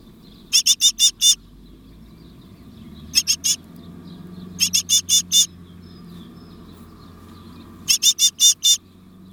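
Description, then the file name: Great tit calls in four quick bursts of four or five short, high notes, with pauses of a few seconds between bursts. "Parus major"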